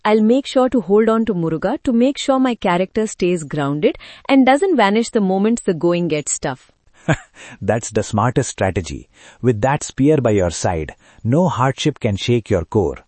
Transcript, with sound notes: I’ll make sure to hold onto Muruga to make sure my character stays grounded, and doesn’t vanish the moment the going gets tough.
(Laughs) That’s the smartest strategy. With that Spear by your side, no hardship can shake your core.